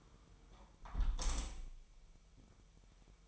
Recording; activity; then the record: daily activity, microphone in the room; close window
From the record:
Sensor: 1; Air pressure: 999.9 hPa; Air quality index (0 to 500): 237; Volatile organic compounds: 108 ppm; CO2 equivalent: 3805 ppm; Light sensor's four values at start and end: 11/27/11/12 and 10/26/10/11